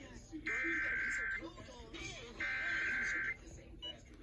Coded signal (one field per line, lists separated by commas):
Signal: Emergency Alert System (SAME) tones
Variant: header bursts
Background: speech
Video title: TEXAS REQUIRED MONTHLY TEST (REAL EAS#2225-2226)